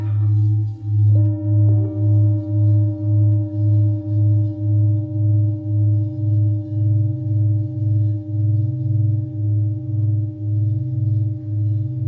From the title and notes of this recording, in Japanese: メキシコから シンギングボウルのサウンドヒーリング ライブ。